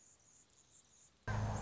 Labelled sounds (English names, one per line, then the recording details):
Anna's Hummingbird
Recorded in Sonoma County, California